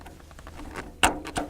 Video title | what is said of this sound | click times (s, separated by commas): Sustainable Farming and Ranching for the future | and they're locked into place now we need to take a look at our Dalek lines now | 1.0 s